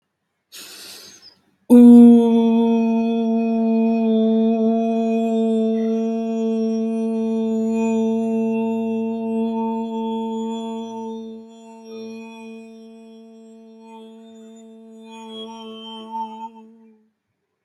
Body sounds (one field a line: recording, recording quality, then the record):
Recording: sustained vowel as in boot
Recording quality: excellent, no background noise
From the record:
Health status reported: healthy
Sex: male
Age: 36 years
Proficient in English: yes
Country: India